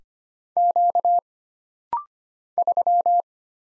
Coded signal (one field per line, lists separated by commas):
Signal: Morse code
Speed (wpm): 25 wpm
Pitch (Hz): 700 Hz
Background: none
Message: Q 3